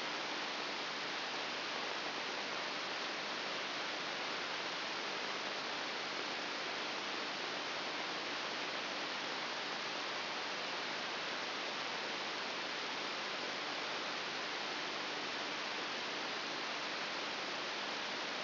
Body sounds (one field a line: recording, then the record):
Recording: brain microelectrode recording played as sound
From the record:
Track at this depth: inside the subthalamic nucleus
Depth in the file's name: 6.001 mm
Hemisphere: right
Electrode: 3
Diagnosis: Parkinson's disease